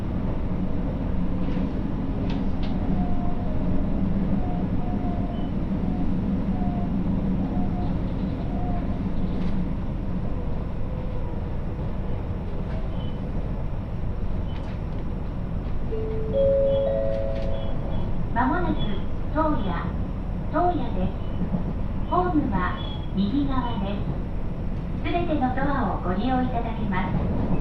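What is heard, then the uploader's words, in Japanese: Inside a train on a railway journey, a loud, steady rumble of wheels and motor fills the whole ride. Low droning tones and a short rising whine near the middle sit on top of it, and from about eighteen seconds on, voices come and go over the noise. 耳で楽しむ鉄道旅 室蘭本線 小幌→洞爺。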